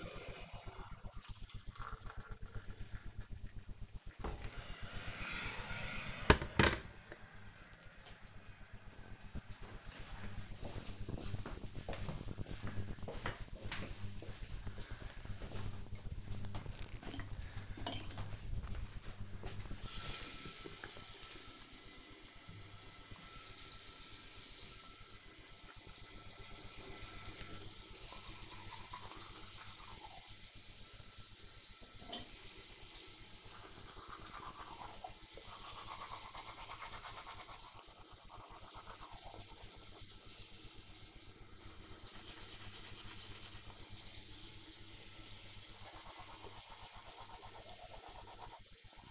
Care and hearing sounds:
household activities, microphone on the right wrist
0.00-5.84 s: making tea
18.93-49.11 s: brushing teeth

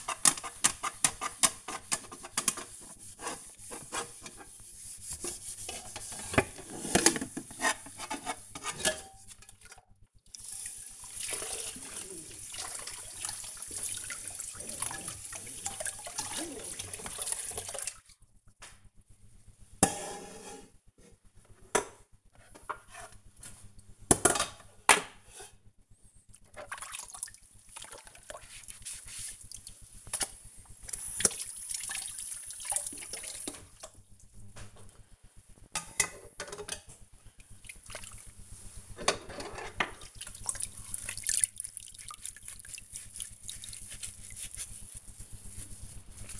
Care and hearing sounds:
household activities, microphone on the right wrist
0.00-46.40 s: washing dishes

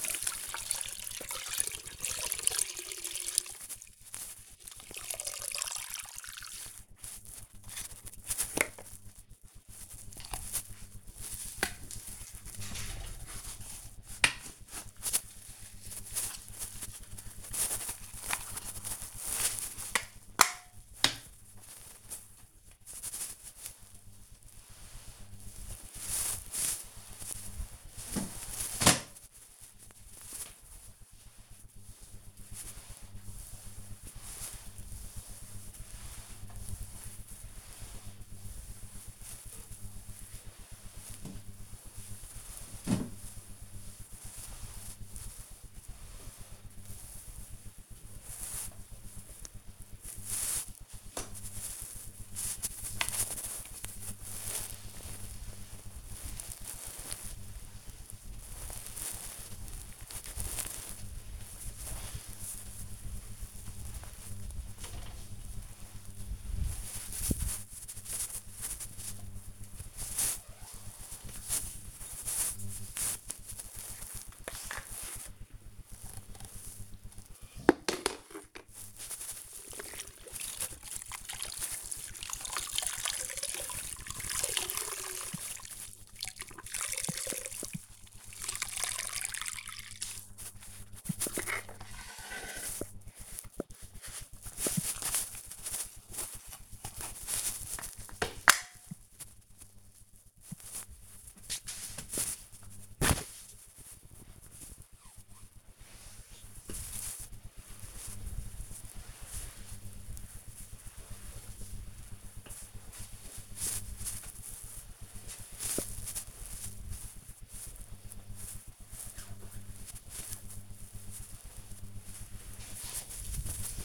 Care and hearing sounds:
household activities, microphone on the right wrist
0.00-123.84 s: floor cleaning

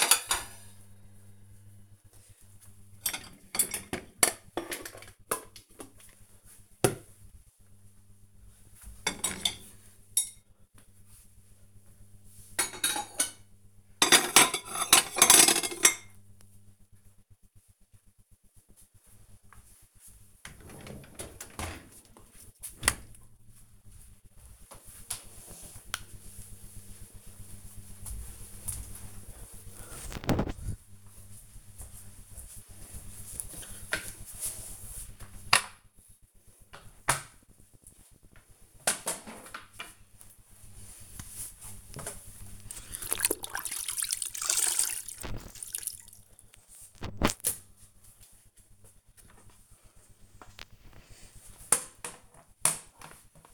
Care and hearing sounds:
household activities, microphone on the right wrist
0.00-22.31 s: cleaning out the dishwasher
34.36-53.54 s: floor cleaning

